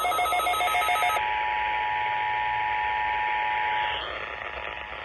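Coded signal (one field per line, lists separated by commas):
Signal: Emergency Alert System (SAME) tones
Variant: 853 and 960 Hz attention tone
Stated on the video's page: Required Monthly Tests from Kitsap County DEM relayed by FM and AM broadcast stations, the 155.475 MHz Washington State EAS Relay Network, and NOAA Weather Radio on 162.550/162.425 MHz.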